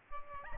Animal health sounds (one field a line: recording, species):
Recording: mosquito wingbeat signal from an infrared sensor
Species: Aedes albopictus